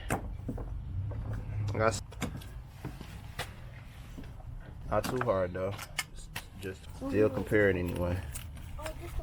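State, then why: Seated. Someone talks while a new LED side marker light is pushed into its opening in the widebody fender trim of a Challenger, with scattered handling clicks and taps along the way. The light snaps in with a sharp click at 8.9 s, seating it in the fender.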